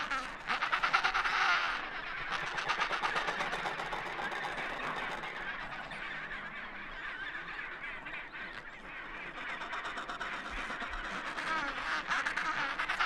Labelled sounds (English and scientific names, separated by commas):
Adelie Penguin (Pygoscelis adeliae) call